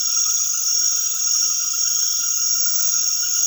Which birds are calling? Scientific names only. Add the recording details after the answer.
none. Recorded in secondary vegetation near Puerto Asís, Putumayo, Colombia, on 20 February 2024 at 21:30. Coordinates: 0.500, -76.326. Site G6428